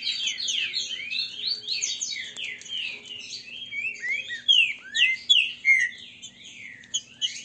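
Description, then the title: Green-winged saltator song of fast tumbling downswept whistles and twitters, ending in louder separate phrases, with a faint steady hum underneath. Green-winged saltator singing in the 'voz 08' song style, described as singing and 'macheando'. "Canto De Trinca Ferro Voz 08. esse TRINCA FERRO cantando e macheando"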